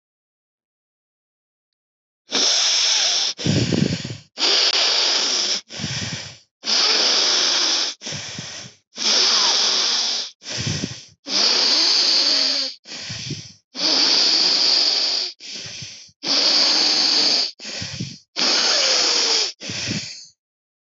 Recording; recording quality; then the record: shallow breathing; excellent, no background noise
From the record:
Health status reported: healthy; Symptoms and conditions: none ticked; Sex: female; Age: 55 years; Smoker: not ticked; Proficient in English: yes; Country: India